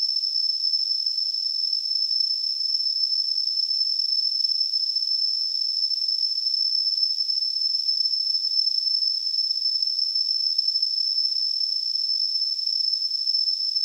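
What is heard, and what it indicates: Simulated tinnitus: a steady, continuous high-pitched ringing tone near 5 kHz, surrounded by a band of soft hiss, with no low-frequency content.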